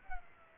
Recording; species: mosquito wingbeat signal from an infrared sensor; Culex pipiens